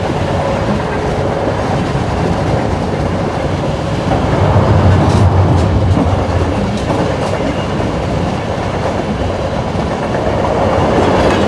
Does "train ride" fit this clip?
yes